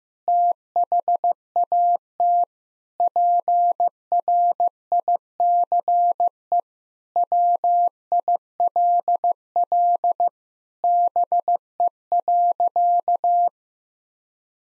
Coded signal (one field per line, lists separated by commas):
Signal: Morse code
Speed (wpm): 15 wpm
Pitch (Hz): 700 Hz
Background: none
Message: THAT PRICE WILL BE.